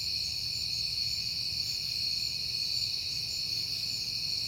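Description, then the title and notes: Crickets produce a steady, shrill trilling chorus without pause, over faint low background noise. Recorded at night in September on a peaceful night; the recordist had been hearing crickets a lot that month. "Night Time: Crickets and Passing Cars. It is September and I have been hearing the crickets a lot, but finally had a peaceful night to make the recording"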